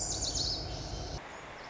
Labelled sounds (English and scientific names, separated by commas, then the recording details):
Lazuli Bunting (Passerina amoena)
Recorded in Sonoma County, California